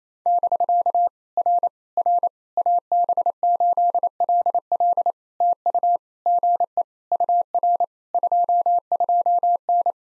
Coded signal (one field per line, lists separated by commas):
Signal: Morse code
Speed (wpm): 27 wpm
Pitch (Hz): 700 Hz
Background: none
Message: <BK> R R AB8LL TU GE UR 22N